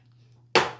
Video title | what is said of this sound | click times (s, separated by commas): How-to FLIP your Dryer Door! *Step-by-Step* (Works on MANY Dryer Brands) | pops right into place | 0.5 s